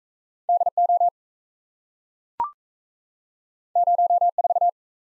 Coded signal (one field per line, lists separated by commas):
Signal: Morse code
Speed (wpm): 38 wpm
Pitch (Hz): 700 Hz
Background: none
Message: DO 04